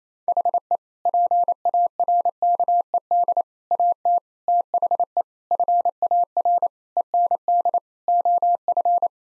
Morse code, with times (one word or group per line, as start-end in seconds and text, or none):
0.3-0.8 HE
1.1-3.4 PARKED
3.7-4.2 AT
4.5-5.2 THE
5.5-6.7 FAR
7.0-7.8 END
8.1-9.1 OF